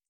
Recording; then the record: hydrophone in a shrimp aquaculture tank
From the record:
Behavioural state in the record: feeding